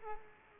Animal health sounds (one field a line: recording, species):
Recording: mosquito wingbeat signal from an infrared sensor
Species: Culex quinquefasciatus